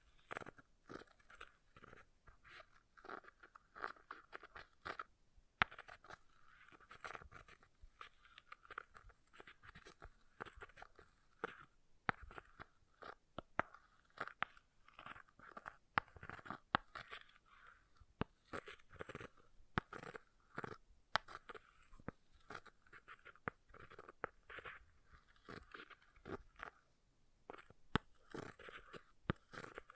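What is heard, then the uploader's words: An object scratching, made up of a dense run of short, dry crunchy strokes with a gritty texture centered in the mid range. The scraping continues unevenly across the whole clip with brief gaps, notably around five and twenty-seven seconds. ASMR Brain Melting Object Scratching (No Talking).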